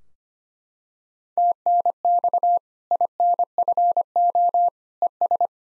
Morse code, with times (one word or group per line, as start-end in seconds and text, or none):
1.4-2.6 TNX
2.9-4.7 INFO
5.0-5.5 ES